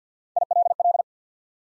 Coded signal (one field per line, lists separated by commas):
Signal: Morse code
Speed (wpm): 50 wpm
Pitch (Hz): 700 Hz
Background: none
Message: I L L